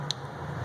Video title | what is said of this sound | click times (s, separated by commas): Attitude Box Generic Install Instructions - EFI Controller - Attitude Industries | slide that in till you hear a good click then | 0.1 s